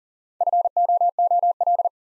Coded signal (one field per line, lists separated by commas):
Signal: Morse code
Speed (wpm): 40 wpm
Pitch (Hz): 700 Hz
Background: none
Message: FOOL